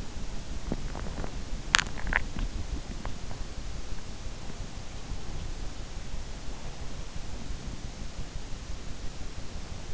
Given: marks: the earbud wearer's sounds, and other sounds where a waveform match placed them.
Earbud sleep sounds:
sounds in sleep by an in-ear microphone; teeth grinding
0.00-3.60 s: teeth grinding

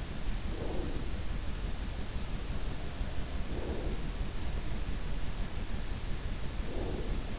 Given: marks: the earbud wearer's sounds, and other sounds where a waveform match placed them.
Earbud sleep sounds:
sounds in sleep by an in-ear microphone; breath
0.61-1.10 s: breath
3.52-4.07 s: breath
6.72-7.14 s: breath

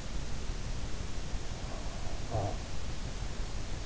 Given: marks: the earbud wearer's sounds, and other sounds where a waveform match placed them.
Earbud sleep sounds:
sounds in sleep by an in-ear microphone; breath
0.61-3.31 s: breath

